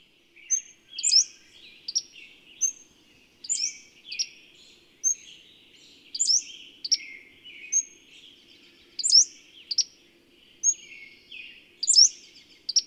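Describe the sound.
Bird song: high chirped phrases with sharp downslurred notes, repeated every few seconds, with softer twittering between.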